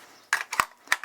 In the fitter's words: and that clip accurately and conveniently back in place with assuredness it doesn't sort of half click in allowing you to drop it